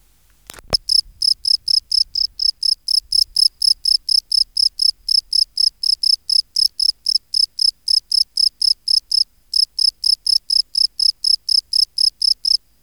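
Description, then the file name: European field cricket chirping in a steady series of shrill pulses after a sharp click at the start, with one short break. "Gryllus campestris"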